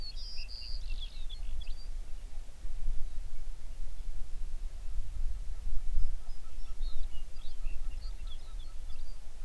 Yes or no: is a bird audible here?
yes